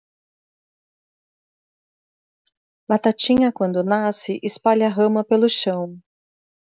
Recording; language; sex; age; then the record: short text; Brazilian Portuguese; female; 40 to 49 years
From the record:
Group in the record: control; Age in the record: 44 years